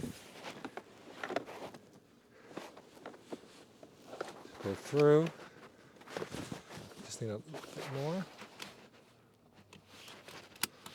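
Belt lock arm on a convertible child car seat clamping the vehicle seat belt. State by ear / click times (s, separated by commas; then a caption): seated / 10.6 s. Someone talks while pulling a vehicle seat belt through a Graco Turn2Me 3-in-1 convertible child car seat and tightening it, with rustling, sliding and light handling knocks along the way. The car seat's plastic belt-lock arm is then pressed down onto the belt and snaps shut with a sharp click at 10.6 s, locking the belt into place and engaged.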